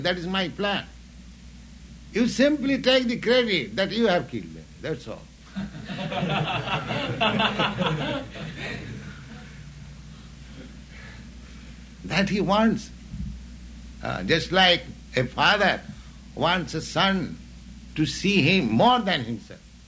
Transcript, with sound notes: That is My plan. You simply take the credit that you have killed them. That's all." [laughter] That He wants. Just like a father wants a son to see him more than himself.